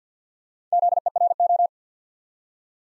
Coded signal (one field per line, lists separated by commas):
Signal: Morse code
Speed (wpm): 48 wpm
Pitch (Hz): 700 Hz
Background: none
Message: ZERO